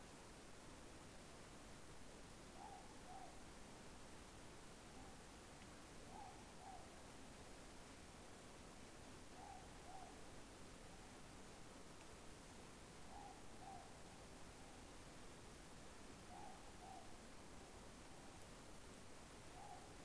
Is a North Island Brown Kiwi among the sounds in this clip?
no